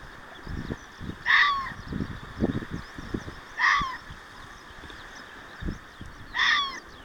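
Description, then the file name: Fox barking three times at intervals of about two and a half seconds, with scattered low thumps and rumble. Recorded 6 June 2024. "キツネ 240606"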